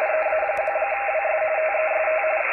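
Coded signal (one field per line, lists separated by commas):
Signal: RTTY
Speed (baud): 45.45 baud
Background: radio noise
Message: EA1WS TEST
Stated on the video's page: RTTY contest traffic received on a Xiegu G90, audio taken from the speaker; bands decent.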